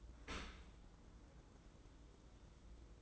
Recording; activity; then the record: daily activity, microphone in the room; open dishwasher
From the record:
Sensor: 3